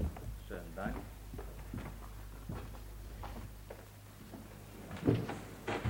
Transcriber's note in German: Schritte